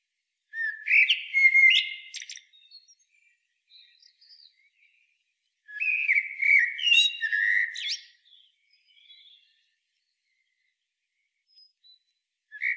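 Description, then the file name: Common blackbird gives a fluty whistled phrase with a squeaky finish, faint scratchy twitters in the gaps, a second rich phrase, and a brief start of another. "Turdus merula"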